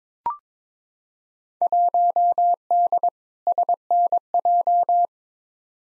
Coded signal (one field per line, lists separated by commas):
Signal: Morse code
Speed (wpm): 22 wpm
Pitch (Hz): 700 Hz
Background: none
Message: 1D SNJ